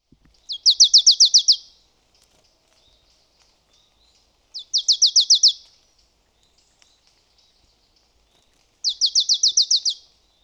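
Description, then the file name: Marsh tit: bursts of rapid, high, downslurred notes, repeated about every four seconds against a quiet background. "Poecile palustris"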